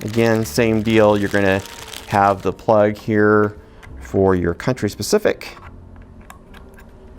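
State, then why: Not seated. A country-specific interchangeable mains plug adapter is handled at the power supply brick of a Kiloview D300 decoder while someone talks. After the talking, a few small clicks and taps from the handling follow. The adapter has not seated or clicked into place yet.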